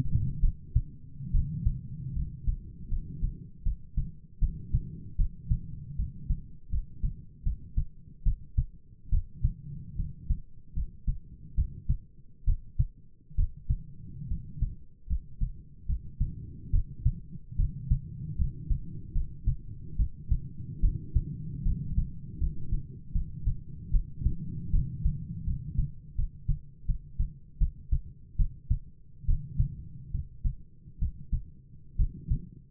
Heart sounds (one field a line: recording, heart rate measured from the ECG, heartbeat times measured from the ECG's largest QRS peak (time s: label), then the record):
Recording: heart sounds by stethoscope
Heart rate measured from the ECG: 74 bpm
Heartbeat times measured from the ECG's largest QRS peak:
0.39 s: heartbeat
1.31 s: heartbeat
2.13 s: heartbeat
2.88 s: heartbeat
3.62 s: heartbeat
4.39 s: heartbeat
5.16 s: heartbeat
5.96 s: heartbeat
6.69 s: heartbeat
7.43 s: heartbeat
8.23 s: heartbeat
9.09 s: heartbeat
9.96 s: heartbeat
10.73 s: heartbeat
11.54 s: heartbeat
12.44 s: heartbeat
13.35 s: heartbeat
14.27 s: heartbeat
15.06 s: heartbeat
15.85 s: heartbeat
16.70 s: heartbeat
17.55 s: heartbeat
18.35 s: heartbeat
19.12 s: heartbeat
19.96 s: heartbeat
20.80 s: heartbeat
21.62 s: heartbeat
22.38 s: heartbeat
23.12 s: heartbeat
23.91 s: heartbeat
24.70 s: heartbeat
25.44 s: heartbeat
26.15 s: heartbeat
26.85 s: heartbeat
27.58 s: heartbeat
28.36 s: heartbeat
29.25 s: heartbeat
30.11 s: heartbeat
30.98 s: heartbeat
31.96 s: heartbeat
From the record:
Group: healthy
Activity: rest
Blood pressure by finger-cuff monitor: 104/65 mmHg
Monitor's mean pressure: 76 mmHg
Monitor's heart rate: 75 bpm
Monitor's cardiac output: 7.9 L/min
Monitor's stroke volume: 108 mL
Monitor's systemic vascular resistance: 690 dyn s/cm5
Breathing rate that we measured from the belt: 15 breaths a minute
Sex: male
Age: 22 years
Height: 185 cm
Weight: 112.4 kg